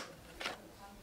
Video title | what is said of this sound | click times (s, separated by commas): SUB [VLOG] 아트만들고 크리스마스 장식하는 네일샵 브이로그 (네일팝 네일프린트기, 메이크엔 신상으로 엔젤아트, 갤럭시 자석네일, 언박싱,진열대 정리, korean nail) | 들어가면 다 들어간 거라고 하더라고요. 저는 이제 딸깍 소리가 크게 날 줄 알았는데 | 0.4 s